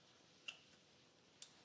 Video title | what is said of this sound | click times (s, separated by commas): Easily Replace Rear Brake Pads and Rotors on 2019 - 2025 Audi Q3 (Retract Electronic Parking Brake) | make sure you hear a click so everything is now all good to go down here | 0.5 s, 1.4 s